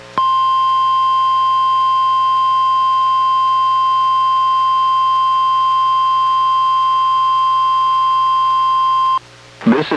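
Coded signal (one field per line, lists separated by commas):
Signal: Emergency Alert System (SAME) tones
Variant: 1050 Hz attention tone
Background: speech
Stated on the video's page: NOAA Weather Radio required weekly test, recorded from a Reecom R-1630 weather radio onto a Zoom H1 recorder.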